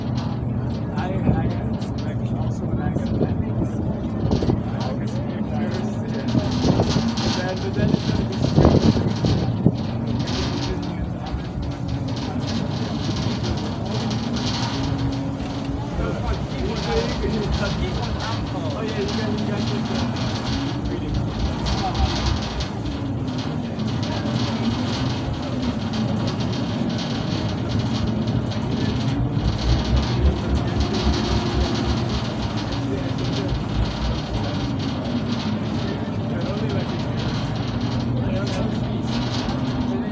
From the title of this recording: Ferry from Amsterdam North to Central Station